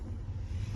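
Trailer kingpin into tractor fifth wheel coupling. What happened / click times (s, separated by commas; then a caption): The heavy coupling has not locked yet / none. A semi tractor backs under a trailer, guiding the trailer kingpin toward the steel locking jaws of the tractor's fifth wheel coupling. A steady low rumble with some wind noise is heard throughout, with no sharp impacts. Nothing has seated or clicked yet; the jaws have not locked onto the kingpin.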